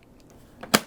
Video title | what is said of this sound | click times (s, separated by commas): FARGO HDP6600 Unboxing - 2. Unboxing and loading | you hear it click now i can spin the printer around and you can see exactly where that power cord attaches | 0.8 s